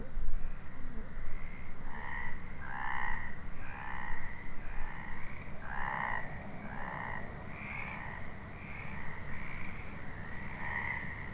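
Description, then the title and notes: Frogs croaking: soft, blurred notes repeated about once a second, with a low hum and steady background noise. Frogs calling at night, 22:30 on 25 March 2020, marsh at Aytré, recorded alone during COVID lockdown and mixed with a song. "Marais Doux d'Aytré. Seul au milieu des courageuses grenouilles"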